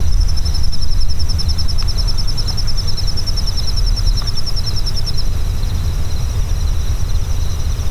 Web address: aronwk collection ndaudio ambience pet rock Pet Rock Cricket 1